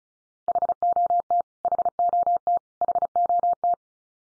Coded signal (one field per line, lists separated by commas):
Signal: Morse code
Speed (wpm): 34 wpm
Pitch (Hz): 700 Hz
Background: none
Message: HOT HOT HOT